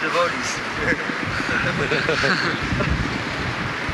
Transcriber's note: laughter